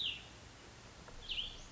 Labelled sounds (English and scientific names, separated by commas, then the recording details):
Cassin's Vireo (Vireo cassinii)
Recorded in Sonoma County, California